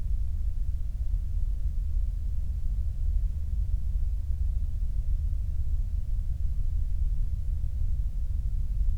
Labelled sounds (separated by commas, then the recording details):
flare stack
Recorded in the Prudhoe Bay oil fields, Alaska, on 8 July 2019 at 06:07
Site 25